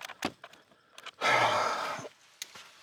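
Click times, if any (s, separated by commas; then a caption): none. A click-type torque wrench, set to 40 inch-pounds, tightens a steel transmission pan bolt on a 2009 Corolla. Only ratchet noise is heard: short sharp ticks near 0.2, 0.5, 1.0 and 2.4 seconds, with a longer broadband rasp from about 1.2 to 2.1 seconds. The wrench has not clicked yet, so the torque setting has not been reached.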